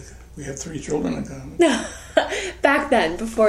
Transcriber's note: laughter